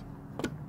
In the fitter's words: that's connected now